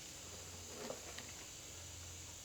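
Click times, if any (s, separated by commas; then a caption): none. A metal spring brake pad retaining clip is handled and pushed back toward the caliper of a 2022 Alfa Romeo Stelvio during a brake pad replacement, with a few faint, soft scraping and handling sounds near 0.9 and 1.2 seconds over a steady low hum. Nothing has seated or clicked yet.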